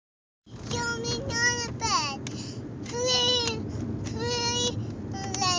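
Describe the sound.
Monkey calls, a quick string of tonal, harmonic hoots and squeals, several with falling sweeps, repeated in short bursts over a steady low rumble.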